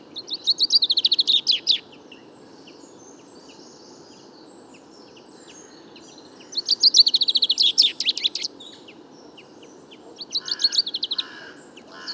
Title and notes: Premier Pinson des arbres 2019. Bois de Vincennes - 16 février 2019